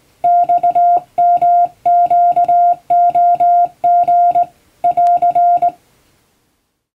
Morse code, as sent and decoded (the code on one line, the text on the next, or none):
-..- -- --.- --- --. / .-.-.
XMQOG <AR>